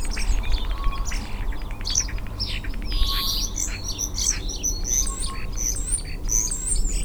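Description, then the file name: European greenfinch calls: rapid twittering trills and chirps over steady low rumbling background noise. "Chloris chloris"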